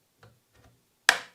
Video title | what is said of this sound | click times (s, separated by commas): Asus ROG STRIX X870E-E Gaming WIFI motherboard Unboxing Review! #asusrog #AMD #x870e | snaps back in another NVME slot. | 1.1 s